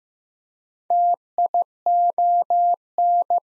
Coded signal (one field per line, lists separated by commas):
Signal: Morse code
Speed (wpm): 15 wpm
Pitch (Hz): 700 Hz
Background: none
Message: TION